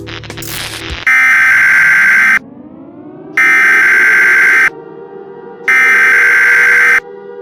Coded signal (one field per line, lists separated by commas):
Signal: Emergency Alert System (SAME) tones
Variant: header bursts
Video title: When Day Breaks - An S.C.P. EAS Scenario